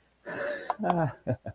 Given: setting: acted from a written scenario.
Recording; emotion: vocal sound without words; elation